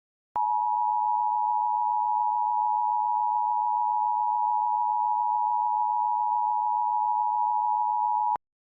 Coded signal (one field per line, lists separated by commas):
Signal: Emergency Alert System (SAME) tones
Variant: 853 and 960 Hz attention tone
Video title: EAS Recreations: A Timeline of the 4/11/24 Florida Outbreak (TBW)